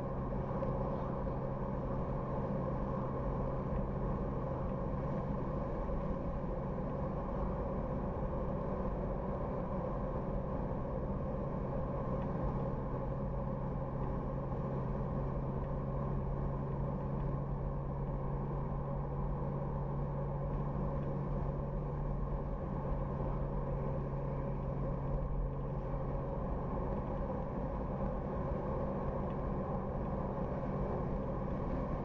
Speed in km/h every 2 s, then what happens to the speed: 83, 83, 82, 80, 80, 80, 84, 85, 87, 88, 89, 89, 87, 85, 81, 81.
0-9 steady at about 82. 9-23 speeds up to 89. 23-27 slows to 81.